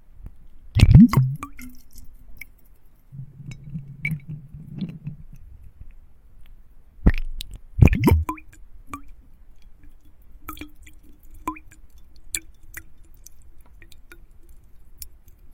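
Ice cubes and water shift with wet squishing and clinks, with loud bursts around 1 and 8 seconds. A low, muffled rubbing runs from about 3 to 5 seconds. Between them, small ticks and drips scatter sparsely over a quiet background.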